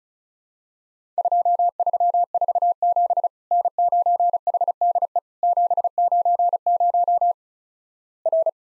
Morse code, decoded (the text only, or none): 2347 N9HDE 790 R